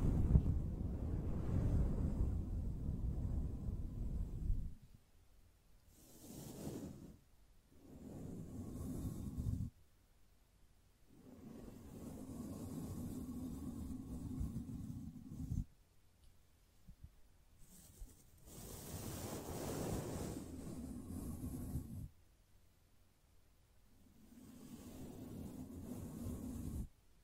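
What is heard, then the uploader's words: Gentle brushing comes in long, soft sweeps of rushing noise, each lasting a few seconds and separated by short silent pauses. The first stroke is the loudest and fullest, while one around twenty seconds turns brighter and hissier before the final, quieter passes. ASMR Gently Brushing Your Brain (No Talking).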